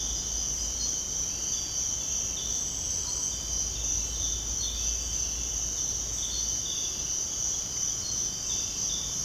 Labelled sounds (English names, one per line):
none